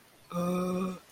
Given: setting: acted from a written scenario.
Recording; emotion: vocal sound without words; distress